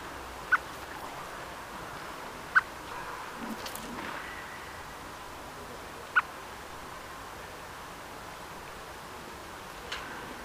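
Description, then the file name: Eurasian blackbird giving short, sharp clicking calls, four separate notes spaced unevenly throughout over a steady background hiss. "Turdus merula"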